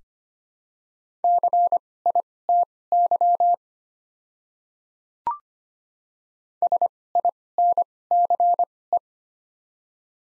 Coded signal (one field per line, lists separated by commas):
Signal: Morse code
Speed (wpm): 25 wpm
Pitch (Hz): 700 Hz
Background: none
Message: CITY SINCE